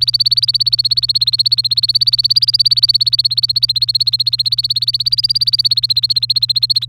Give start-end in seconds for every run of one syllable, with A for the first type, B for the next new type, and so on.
0.00-6.85 A